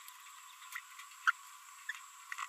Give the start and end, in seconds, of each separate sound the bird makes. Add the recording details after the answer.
1.27-1.31. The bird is a female. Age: 28 days. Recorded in a nest box in Venezuela. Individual 17B42B2